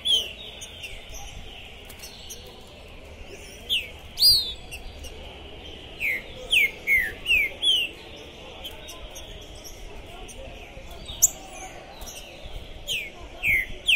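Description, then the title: Green-winged saltator song: clear whistled notes slurring downward, given in short bursts of several notes with pauses, over a steady background hiss. Captive bird singing at the entrance of a singing tournament, warming up for the contest; described as calling, singing and acting territorial ("macheando"); 2021; song style called "pistoleiro". "ESQUENTAR Seu TRINCA Piando, Cantando E Macheando Na DISPUTA. Esse TRINCA FERRO ficou POSSUÍDO na PORTA do TORNEIO! Trinca Ferro Pistoleiro 2021!"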